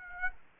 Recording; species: mosquito wingbeat signal from an infrared sensor; Aedes aegypti